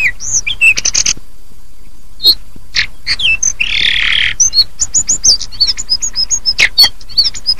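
Hill blue flycatcher song with a few whistles and chips, a quiet gap, a broad buzzy burst, then a rapid string of high twittering whistles.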